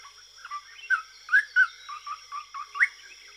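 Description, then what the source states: Western nicator song of scattered liquid, warbled notes, some rising, spaced irregularly over a continuous high hum. Recorded in Uganda.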